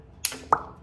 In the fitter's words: here nice click